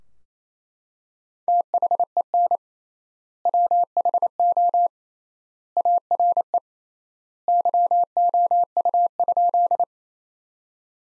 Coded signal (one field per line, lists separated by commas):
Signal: Morse code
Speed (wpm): 27 wpm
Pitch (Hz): 700 Hz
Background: none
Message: THEN WHO ARE YOU?